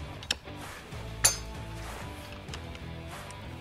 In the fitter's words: it is tough because there's a gasket but you have to push tight once you do that it is fully locked into place